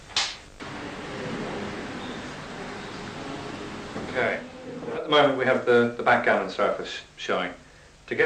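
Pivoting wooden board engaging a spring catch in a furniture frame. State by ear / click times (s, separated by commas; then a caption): seated / 0.2 s. A pivoting wooden board in a furniture frame clicks back into position as its spring catch engages, giving a single sharp click at 0.2 s. A steady background hiss follows, then someone talks.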